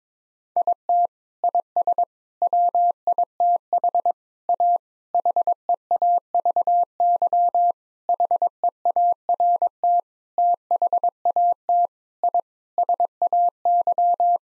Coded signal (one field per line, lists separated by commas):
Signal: Morse code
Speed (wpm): 22 wpm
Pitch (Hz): 700 Hz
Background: none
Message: IT IS WITH A HEAVY HEART THAT I SAY